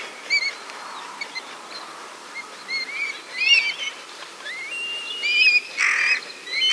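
Bird song of scattered high whistled notes and short rising phrases, ending with a burst of harsh chatter and a clear whistle.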